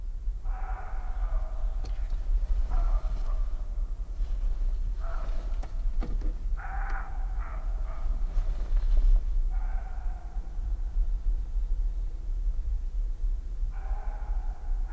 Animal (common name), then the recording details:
Western Roe Deer. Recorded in the wild. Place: Muskauer Heide, Sachsen, DE. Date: 2004-08-31 19:54. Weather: fair, 10°C, weak winds. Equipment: Tascam DA-P1, Sennheiser MKH 70, Windkorb. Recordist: Frommolt, Karl-Heinz